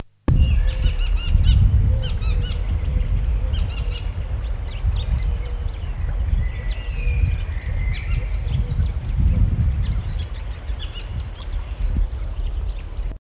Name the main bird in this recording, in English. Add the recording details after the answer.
Eurasian Golden Oriole. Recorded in the wild. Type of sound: courtship call, song. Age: adult. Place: Bad Tatzmannsdorf, Burgenland, AT. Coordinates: 47.3462, 16.2238. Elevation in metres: 351. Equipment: Halbspur, 9,5 cm/s. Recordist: Lütgens, Hans. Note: Balzrufe und Gesang